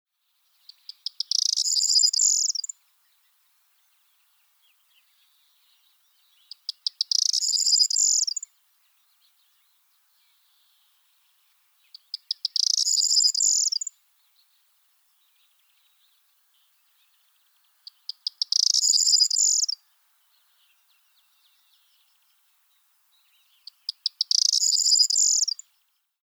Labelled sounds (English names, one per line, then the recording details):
Corn Bunting
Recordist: Frommolt, Karl-Heinz
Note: Männchen: Gesang